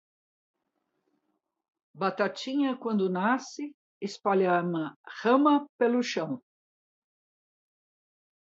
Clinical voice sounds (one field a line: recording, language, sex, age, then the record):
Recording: short text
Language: Brazilian Portuguese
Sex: female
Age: 60 to 69 years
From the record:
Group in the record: control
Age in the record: 67 years